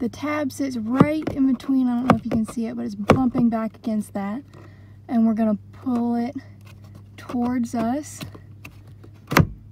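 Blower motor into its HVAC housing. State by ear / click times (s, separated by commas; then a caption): seated / 9.4 s. On a 2005 Chevrolet Tahoe, a new blower motor is twisted into the plastic HVAC housing under the dash while its locking tab is pulled toward the camera, as someone talks. The motor snaps sharply into place at 9.4 s, seating the locking tab in the housing, and a wiggle check confirms it won't come out.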